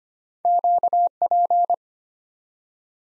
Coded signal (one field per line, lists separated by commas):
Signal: Morse code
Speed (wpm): 25 wpm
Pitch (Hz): 700 Hz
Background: none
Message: QP